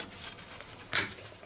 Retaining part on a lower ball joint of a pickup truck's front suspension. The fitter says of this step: just like that now you might want to take a screwdriver and go around I know it snapped into place because I felt it